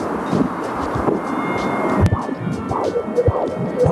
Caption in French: Le Doppler fœtal permet d'écouter le cœur et les mouvements de votre futur bébé. Il suffit de positionner le Doppler contre votre ventre et de mettre le casque. Vous entendrez les battements de cœur de votre enfant. Dès la 10e semaine de grossesse, vous pourrez percevoir les hoquets, les coups et les battements de cœur.